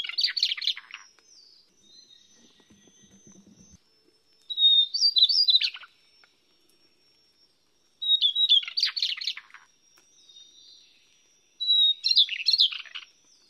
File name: 小翼鶇